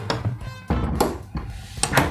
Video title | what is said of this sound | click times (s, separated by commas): ప్రతి ఇంటికి ఉపయోగపడే door హ్యంగర్//Door hanger for home//In Telugu//In Kitchen by Gayathri | door కూడా లాక్ అవుతుంది | 1.8 s